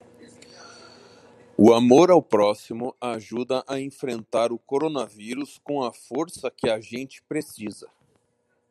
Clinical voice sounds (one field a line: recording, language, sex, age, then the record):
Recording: spoken sentence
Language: Brazilian Portuguese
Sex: male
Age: 40 to 49 years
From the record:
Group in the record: control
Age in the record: 42 years